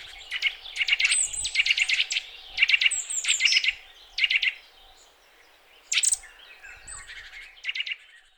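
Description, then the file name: Eurasian nuthatch giving quick runs of hard, clipped notes in several bursts, then a pause before a few more notes, with faint high whistles. "Sitta europaea"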